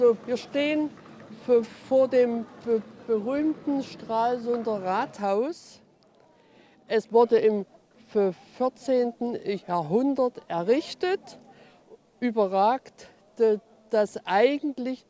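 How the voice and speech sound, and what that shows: An adult woman speaks German in short phrases with long pauses, drawing out initial f sounds twice and repeating a syllable ("be-be-rühmten") before continuing. These prolongations and part-word repetitions are typical of stuttering, a fluency disorder.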